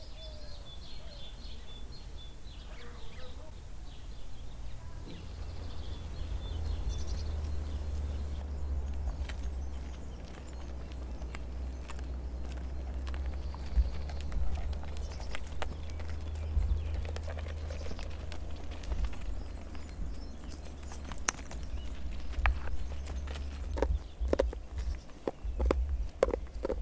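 A spring walk around Vinça: a steady low rumble under scattered sharp clicks and knocks that grow denser after ten seconds, with animal sounds.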